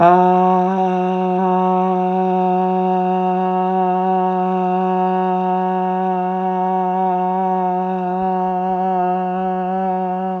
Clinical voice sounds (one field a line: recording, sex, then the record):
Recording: sustained vowel /a/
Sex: female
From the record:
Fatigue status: no fatigue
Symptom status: asymptomatic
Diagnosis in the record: COVID-19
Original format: m4a